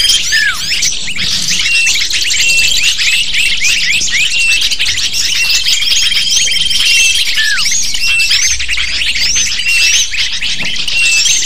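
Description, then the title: Lovebirds in noisy chorus, unbroken high chirping with occasional louder downward squeaks and a brief steady whistled tone near the middle. Calls used as a lure (pikat) to attract lovebirds. "PIKAT BURUNG LOVEBIRD"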